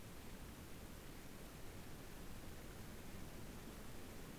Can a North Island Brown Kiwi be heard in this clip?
no